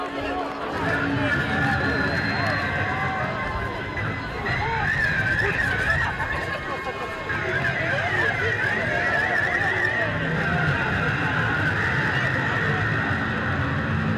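Street protest in Belarus: a dense, continuous crowd of voices and chatter fills the whole stretch at a steady level. A bright, wavering whistle-like tone rises above the babble between about five and ten seconds, over a low rumble underneath.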